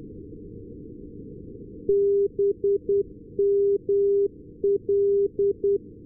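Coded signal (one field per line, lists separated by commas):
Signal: Morse code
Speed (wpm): 10 wpm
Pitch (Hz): 400 Hz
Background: none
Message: BML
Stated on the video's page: Non-directional beacon received with an RTL-SDR and Ham It Up Nano upconverter on a loop antenna lying on the ground.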